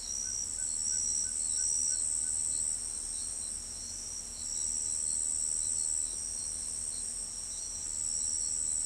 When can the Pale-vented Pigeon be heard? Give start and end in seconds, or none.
none